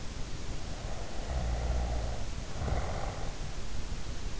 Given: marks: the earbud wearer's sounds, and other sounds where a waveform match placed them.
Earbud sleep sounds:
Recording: sounds in sleep by an in-ear microphone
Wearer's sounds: snoring breath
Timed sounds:
0.56-3.62 s: snoring breath

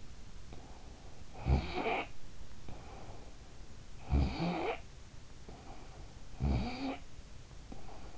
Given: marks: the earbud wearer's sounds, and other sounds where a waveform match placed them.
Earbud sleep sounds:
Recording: sounds in sleep by an in-ear microphone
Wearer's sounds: snoring breath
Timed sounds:
1.17-2.65 s: snoring breath
3.74-5.14 s: snoring breath
6.08-7.28 s: snoring breath

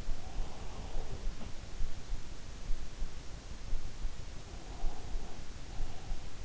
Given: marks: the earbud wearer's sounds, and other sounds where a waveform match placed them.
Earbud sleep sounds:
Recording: sounds in sleep by an in-ear microphone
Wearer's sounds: breath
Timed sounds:
0.04-1.80 s: breath
4.27-6.45 s: breath

